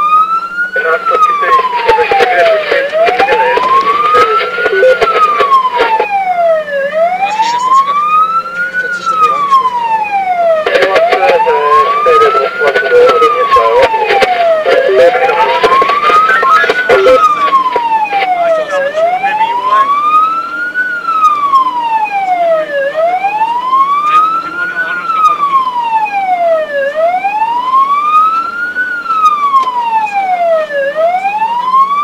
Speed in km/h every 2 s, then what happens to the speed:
30, 27, 32, 36, 40, 46, 49, 55, 57, 58, 59, 61, 60, 56, 56, 54.
2-16 speeds up to 57. 16-23 steady at about 58. 23-32 slows to 54.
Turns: none.